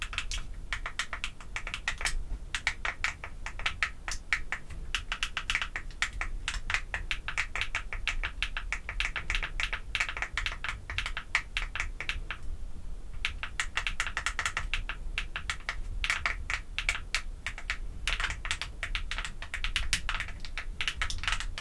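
Artificial nails tap rapidly on objects such as perfume bottles and lids, a dense, fast run of sharp, bright clicks. The tapping continues almost without pause, easing briefly around the middle, over a faint low hum.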